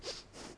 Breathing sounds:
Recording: one breath in and out by a microphone near the nose and mouth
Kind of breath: strong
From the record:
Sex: male

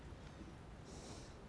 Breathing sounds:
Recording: one breath in and out by a microphone near the nose and mouth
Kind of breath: normal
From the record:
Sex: male

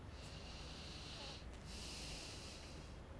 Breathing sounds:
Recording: one breath in and out by a microphone near the nose and mouth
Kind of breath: deep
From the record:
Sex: male

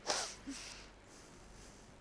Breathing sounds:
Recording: one breath in and out by a microphone near the nose and mouth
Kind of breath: deep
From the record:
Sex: female

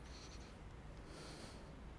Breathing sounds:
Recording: one breath in and out by a microphone near the nose and mouth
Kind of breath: deep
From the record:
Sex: male

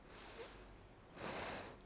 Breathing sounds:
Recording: one breath in and out by a microphone near the nose and mouth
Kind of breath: deep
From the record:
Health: marked as sick, illness not named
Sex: female

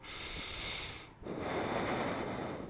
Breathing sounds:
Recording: one breath in and out by a microphone near the nose and mouth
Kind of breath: deep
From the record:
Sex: male

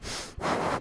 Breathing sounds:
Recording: one breath in and out by a microphone near the nose and mouth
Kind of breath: strong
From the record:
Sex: male

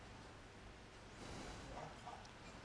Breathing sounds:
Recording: one breath in and out by a microphone near the nose and mouth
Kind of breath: deep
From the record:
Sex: male

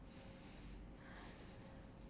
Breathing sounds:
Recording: one breath in and out by a microphone near the nose and mouth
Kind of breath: deep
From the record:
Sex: male

